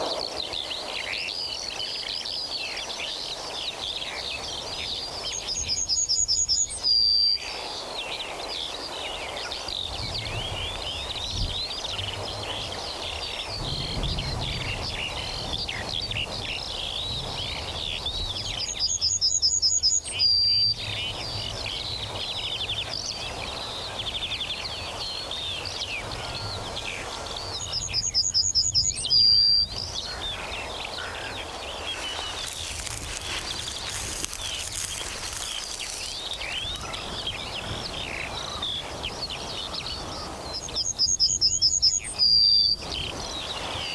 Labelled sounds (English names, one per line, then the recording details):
Yellowhammer
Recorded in the wild
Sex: male
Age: adult
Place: Zepernick, OT Hobrechtsfelde, Brandenburg, DE
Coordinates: 52.666, 13.495
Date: 1993-04-20 14:20
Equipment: Sony WM-D6C, Sennheiser ME 80, K 30 AV, Kopie Tascam 22-2
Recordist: Quaisser, Christiane